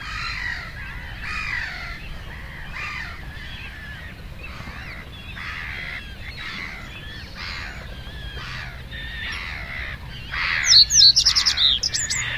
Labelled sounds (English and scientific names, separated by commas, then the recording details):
Reed Bunting (Emberiza schoeniclus) song
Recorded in the wild
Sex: male
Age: adult
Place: Kützerhof, Kummerower See, Mecklenburg-Vorpommern, DE
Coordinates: 53.8531, 12.8686
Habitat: wetland
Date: 2010-06-10
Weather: 15°C, almost no wind
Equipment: Sound Devices 702, Sennheiser MKH 70, Rycote Windschutz
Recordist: Frommolt, Karl-Heinz
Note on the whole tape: Polder Große Rosin entlang der Straße von Kützerhof nach Aalbude: Gesang einer Rohrammer - 12 Strophen